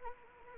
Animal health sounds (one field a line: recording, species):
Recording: mosquito wingbeat signal from an infrared sensor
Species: Anopheles arabiensis